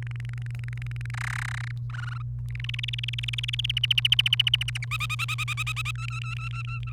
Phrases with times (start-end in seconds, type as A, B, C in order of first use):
0.02-1.10 A, 1.14-1.71 B, 1.90-2.22 C, 2.55-3.66 D, 3.69-4.85 E, 4.91-5.91 F, 5.95-6.92 G